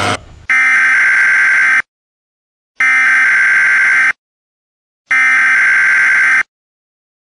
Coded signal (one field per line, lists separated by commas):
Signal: Emergency Alert System (SAME) tones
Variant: header bursts